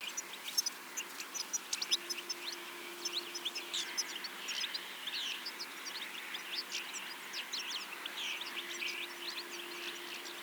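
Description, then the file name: European goldfinch giving a continuous stream of quick, high, tinkling chirps and twitters, with a low hum underneath at times. "Carduelis carduelis"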